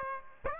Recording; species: mosquito wingbeat signal from an infrared sensor; Aedes aegypti